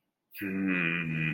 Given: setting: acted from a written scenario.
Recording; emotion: vocal sound without words; anger